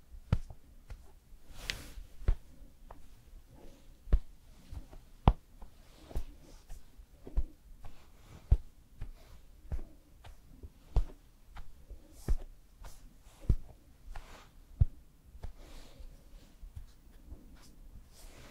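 Makeup and hair styling: crisp taps and clicks of brushes and cases land every second or so, mixed with soft brushing swishes, one brighter sweep near the start. A faint low hum sits steadily underneath.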